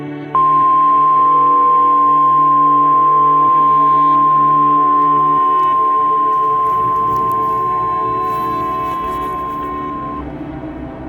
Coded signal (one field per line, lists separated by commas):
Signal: Emergency Alert System (SAME) tones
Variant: 1050 Hz attention tone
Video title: Ham on the Road: Smoky Mountain Road Trip, Part3 - TORNADO OUTBREAK! Goodbye and God Bless, Friends.